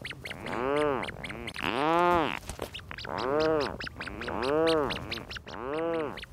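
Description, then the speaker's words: Rhinoceros auklets giving deep, groaning, moaning calls that rise and fall in long drawn-out pulses, repeated every second or so, with faint higher clicks. Several adults with their chicks, on an island wildlife refuge in the Strait of Juan de Fuca off the Pacific coast. "These are several rhinoceros auklets with their chicks, recorded at Protection Island National Wildlife Refuge in the Strait of Juan de Fuca off the Pacific coast."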